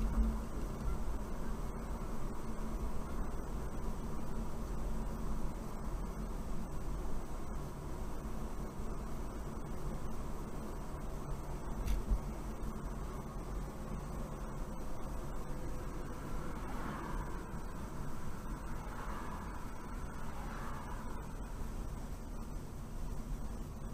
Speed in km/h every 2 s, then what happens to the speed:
42, 42, 42, 39, 39, 39, 39, 37, 32, 31, 29, 27.
0-13 steady at about 39. 13-24 slows to 27.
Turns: none.